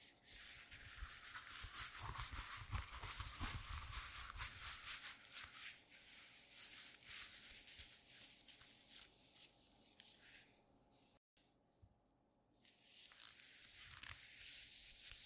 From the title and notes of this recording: TimASMR-ASMR Squeaky Leather Glove Sounds (NO TALKING).